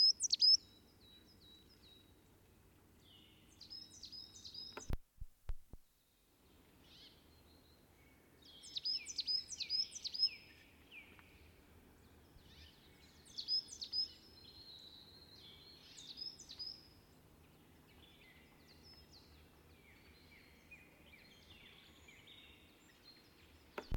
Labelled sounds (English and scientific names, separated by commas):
Coal Tit (Periparus ater) song